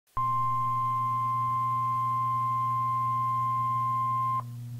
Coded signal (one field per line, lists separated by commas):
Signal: Emergency Alert System (SAME) tones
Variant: 1050 Hz attention tone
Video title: EAS #1284 - Flash Flood Warning 10-24-2015